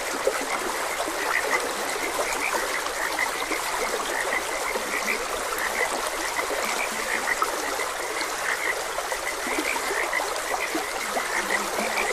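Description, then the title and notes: Frogs keep up a busy croaking chorus of short pulsed notes throughout, beneath and within a steady stream rush. Frogs croaking beside a gentle stream. "Gentle Stream and Frogs Croaking. Sleep and Relaxation Podcast"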